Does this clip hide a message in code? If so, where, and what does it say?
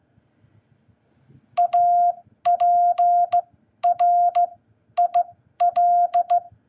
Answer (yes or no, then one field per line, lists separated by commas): yes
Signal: Morse code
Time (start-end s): 1.6-6.4 s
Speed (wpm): 16 wpm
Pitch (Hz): 700 Hz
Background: none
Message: APRIL